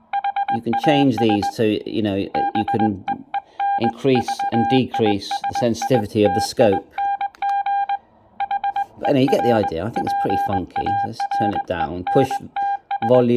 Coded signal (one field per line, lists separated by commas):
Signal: Morse code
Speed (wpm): 21 wpm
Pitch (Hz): 800 Hz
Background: speech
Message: HAS BEEN VISITING HER PARENTS